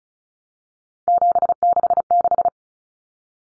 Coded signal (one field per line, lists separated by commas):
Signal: Morse code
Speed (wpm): 34 wpm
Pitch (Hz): 700 Hz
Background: none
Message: 766